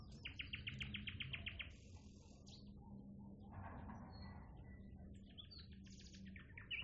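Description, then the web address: Nightingale singing a fast rattling trill, then a high buzzy phrase and scattered sharp chirps and whistles, with constant low background rumble. "naichinkeru"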